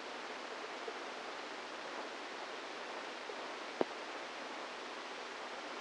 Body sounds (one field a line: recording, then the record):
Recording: brain microelectrode recording played as sound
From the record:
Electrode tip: inside the subthalamic nucleus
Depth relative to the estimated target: -3 mm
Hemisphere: right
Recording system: NeuroSet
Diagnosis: Parkinson's disease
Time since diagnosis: 10 years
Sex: female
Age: 45 years